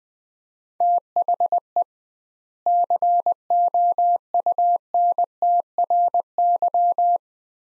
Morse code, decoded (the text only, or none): THE COUNTRY